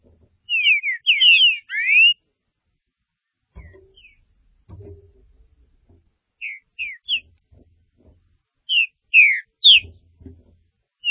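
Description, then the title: Green-winged saltator singing clear, slurred whistles, mostly falling in pitch, in bursts of several notes separated by pauses, with faint low thumps. "Trinca Ferro"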